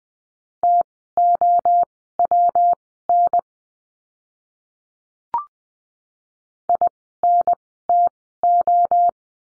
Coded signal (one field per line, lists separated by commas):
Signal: Morse code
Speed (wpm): 20 wpm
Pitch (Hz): 700 Hz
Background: none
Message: TOWN INTO